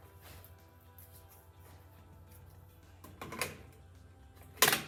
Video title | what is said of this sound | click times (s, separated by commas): Tools for Pruning Trees | got it snapped in place | 4.6 s